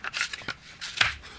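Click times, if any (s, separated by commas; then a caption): 1.0 s. A Smith & Wesson Model 642 snub-nose revolver is pushed into a molded paddle holster, with a few short scraping and rubbing clicks as it slides in. The holster's retention snaps shut with a sharp, loud click at 1.0 s, and the revolver is seated with a perfect fit.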